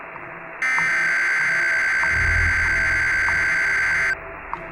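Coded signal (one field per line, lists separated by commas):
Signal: Emergency Alert System (SAME) tones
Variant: header bursts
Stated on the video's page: Fictional tornado EAS scenario, remastered.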